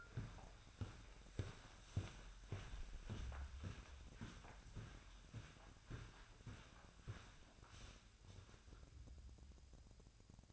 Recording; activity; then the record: daily activity, microphone in the room; walk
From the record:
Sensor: 2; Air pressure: 1009.2 hPa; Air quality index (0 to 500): 180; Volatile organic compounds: 2 ppm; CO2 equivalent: 1314 ppm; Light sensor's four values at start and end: 48/126/54/60 and 46/121/52/58